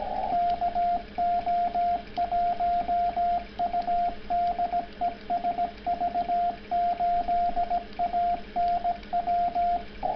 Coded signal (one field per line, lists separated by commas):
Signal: Morse code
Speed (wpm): 17 wpm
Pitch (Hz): 690 Hz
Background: radio noise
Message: KO1U DE SV8ANW